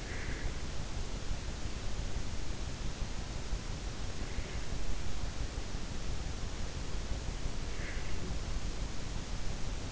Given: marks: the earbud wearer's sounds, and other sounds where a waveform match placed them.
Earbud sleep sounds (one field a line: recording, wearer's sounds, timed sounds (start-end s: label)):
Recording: sounds in sleep by an in-ear microphone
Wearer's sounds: breath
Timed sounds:
0.00-0.69 s: breath
7.62-8.53 s: breath